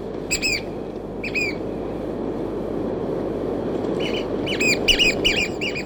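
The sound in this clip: Chatham Island oystercatcher calling with loud, shrill piping notes, two early calls then a rapid run of repeated notes near the end, with constant rushing noise behind.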